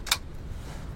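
A second dummy cartridge is pressed with the thumb into a shotgun magazine and clicks home at 0.1 s, seating without a problem. A sharp, bright click stands out over a low background rumble.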